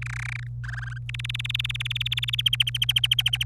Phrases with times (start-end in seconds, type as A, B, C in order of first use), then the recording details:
0.02-0.47 A, 0.64-0.98 B, 1.09-2.41 C, 2.46-3.44 D. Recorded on 25 April 2018 at 16:08. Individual llb3